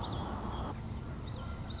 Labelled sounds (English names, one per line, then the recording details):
Common Yellowthroat
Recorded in Sonoma County, California